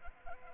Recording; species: mosquito wingbeat signal from an infrared sensor; Culex pipiens